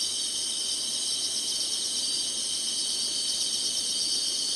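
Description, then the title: Insect chorus forming a steady, shimmering high-pitched drone with no breaks, evenly loud throughout. Summer. "SINGING INSECTS SUMMER"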